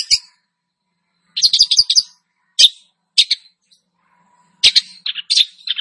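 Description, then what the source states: Long-tailed shrike singing in brief bursts: a rapid scratchy run, then single harsh notes and a twittering jumble after a pause. Described as "gacor", meaning singing actively and vigorously.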